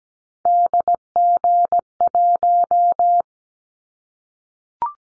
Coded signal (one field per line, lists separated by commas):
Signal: Morse code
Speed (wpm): 17 wpm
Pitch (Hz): 700 Hz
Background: none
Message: DG1